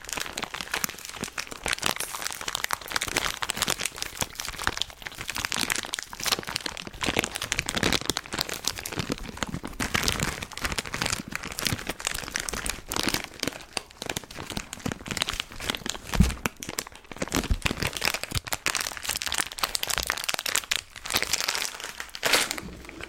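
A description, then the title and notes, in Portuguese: Candy being eaten with constant crinkling wrapper sounds and crunchy chewing, dense bright crackles throughout, with a sharp snap near sixteen seconds. ASMR comendo doces, chocolates e balas, com muitos sons de boca e mastigação. CANDY EATING SOUNDS.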